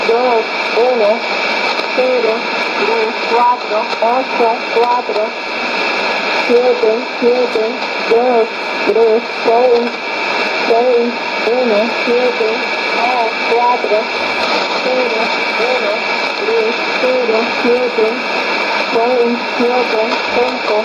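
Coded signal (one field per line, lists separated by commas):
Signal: numbers station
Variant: HM01, Spanish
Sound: short, evenly spaced spoken Spanish number words over steady hum and radio hiss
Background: radio static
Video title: 11 11 2019 HM01 Cuban Spy Numbers station in Spanish 0730 on 9330 Bejucal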